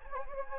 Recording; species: mosquito wingbeat signal from an infrared sensor; Anopheles gambiae